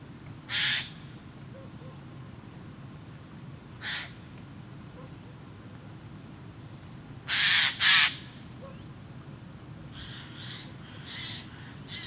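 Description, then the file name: Eurasian jay calls: harsh, noisy screeches, two single ones then a loud double burst, followed by softer scratchy notes toward the end. "Garrulus glandarius"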